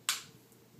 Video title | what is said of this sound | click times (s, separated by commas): MyTinyClowns Tank Setup 6 of 6 | you can hear it pop on once it gets on there once you got the sponge on there you're just going to set that back on your aquarium | 0.1 s